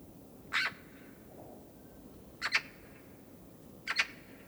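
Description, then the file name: Eurasian magpie grating chack calls, three rough bursts roughly every one and a half to two seconds, the later two doubled, with steady low noise behind. "Pica pica"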